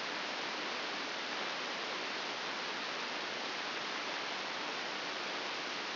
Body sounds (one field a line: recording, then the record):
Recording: brain microelectrode recording played as sound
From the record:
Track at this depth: outside the subthalamic nucleus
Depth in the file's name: 6.861 mm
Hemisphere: left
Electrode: 2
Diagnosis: Parkinson's disease